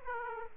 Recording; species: mosquito wingbeat signal from an infrared sensor; Aedes aegypti